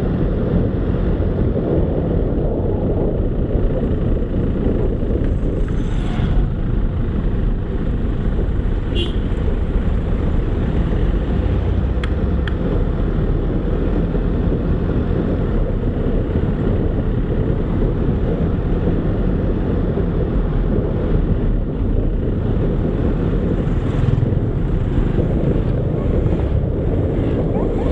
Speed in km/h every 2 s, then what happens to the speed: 25, 23, 17, 14, 14, 19, 21, 22, 23, 25, 25, 25, 25, 23.
0-6 slows to 14. 6-18 speeds up to 25. 18-28 steady at about 25.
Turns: none.